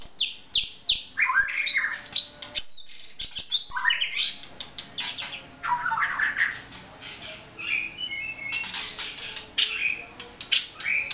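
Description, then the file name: White-rumped shama song, a rapid sequence of sweeping slurred notes, pausing briefly, then more varied chattering phrases. Vietnam. "shama vietnam omkicau"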